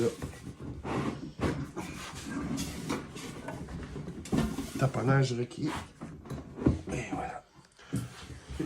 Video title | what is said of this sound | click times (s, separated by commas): unboxing du Airfiber 60 XG | Fait que là, j'ai pas eu de snap. Non, il n'y a pas de clic, rien. | none